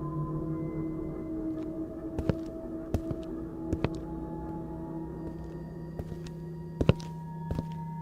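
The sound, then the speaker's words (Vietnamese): Slow, sharp footsteps of someone approaching from far to near sound at uneven intervals, about a dozen thuds in pairs, over a steady low humming drone with a faint high-pitched tone; the last few steps hit a little harder. “Có tiếng bước chân của ai đó vang lên từ xa lại gần.”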